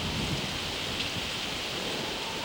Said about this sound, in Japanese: 乱れている。嵐が来る。